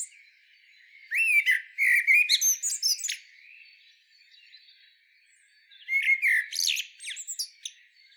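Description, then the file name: Common blackbird song: a phrase of warbled whistles ending in high squeaks, a few seconds of quiet, then a second similar phrase. "Turdus merula"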